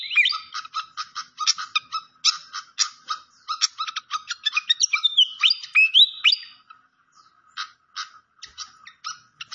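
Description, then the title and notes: Malaysian pied fantail song: a train of quick chirps broken by a few looping whistled slurs, then sparser chirps toward the end. Masteran (training recording) of clear-voiced song. "Masteran Sikatan Kipas Suara Jernih Dan Suara Gemericik Air. Suara Burung Sikatan Londo"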